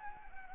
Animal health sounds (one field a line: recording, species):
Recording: mosquito wingbeat signal from an infrared sensor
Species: Anopheles arabiensis